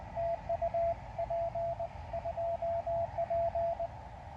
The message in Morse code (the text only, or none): TU P2P